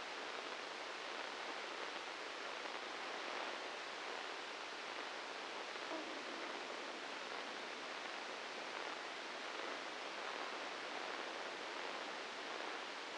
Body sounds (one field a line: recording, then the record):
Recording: brain microelectrode recording played as sound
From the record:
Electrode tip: inside the subthalamic nucleus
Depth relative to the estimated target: 0 mm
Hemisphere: left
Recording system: NeuroSet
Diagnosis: Parkinson's disease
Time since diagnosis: 10 years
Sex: male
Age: 56 years